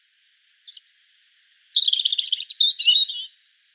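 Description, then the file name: European robin song: one high phrase opening with thin drawn-out whistles, then breaking into a quick jumbled twitter that wavers and fades after about three seconds. "Erithacus rubecula"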